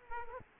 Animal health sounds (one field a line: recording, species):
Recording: mosquito wingbeat signal from an infrared sensor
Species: Aedes aegypti